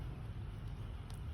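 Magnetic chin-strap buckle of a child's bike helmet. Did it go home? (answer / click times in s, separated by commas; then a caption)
no / none. The magnetic chin-strap clips of a child's bike helmet are brought together under the chin, over a steady low rumble of outdoor vehicle noise with a brief faint high blip near 1.1 s. The buckle has not snapped shut or seated yet.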